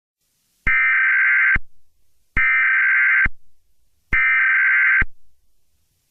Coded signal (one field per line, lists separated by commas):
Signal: Emergency Alert System (SAME) tones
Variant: header bursts